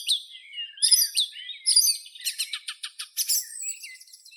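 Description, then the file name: Song thrush song of rapid varied phrases, squeaky slurs giving way to a fast chattering run of short clicking notes, dense and continuous. "Neizvesten - Drozd pevchij Turdus philomelos (Zvyki com)"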